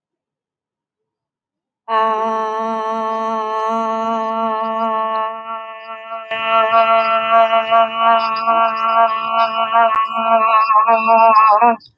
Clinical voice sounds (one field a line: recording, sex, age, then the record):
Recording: vowel held as long as possible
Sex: female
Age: 40 to 49 years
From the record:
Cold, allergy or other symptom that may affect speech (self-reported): no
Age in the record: 44 years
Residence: Oklahoma, United States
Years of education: 16